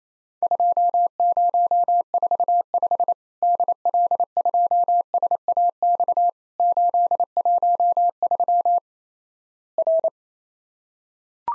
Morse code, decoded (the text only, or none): 2045 DL2SAX 813 R